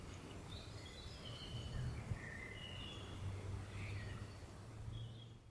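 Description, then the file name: European robin song: scattered thin, high whistled notes and short trills in varied pitches, fairly faint, over a steady low humming drone throughout. "Erithacus rubecula"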